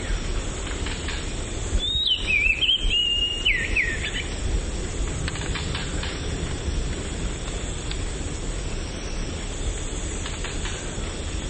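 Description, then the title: Oriental magpie-robin song: a single short run of bright, twisting whistled notes ending lower, followed by several seconds of steady background noise. "Kicau Kacer"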